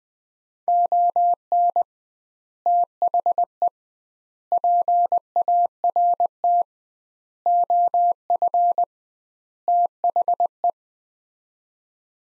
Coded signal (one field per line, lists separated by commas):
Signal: Morse code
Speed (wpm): 21 wpm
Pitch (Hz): 700 Hz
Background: none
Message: ON THE PART OF THE